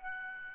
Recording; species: mosquito wingbeat signal from an infrared sensor; Aedes albopictus